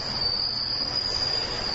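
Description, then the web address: Bell cricket song: a piercing high tone that rings on with tiny flickers in strength, backed by a quiet low drone. Bell cricket recorded with morning glories on 29 August 2015. "鈴虫さんと朝顔 H 27 8 29"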